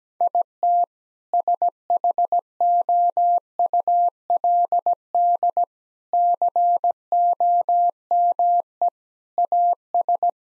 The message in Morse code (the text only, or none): IT SHOULD COME AS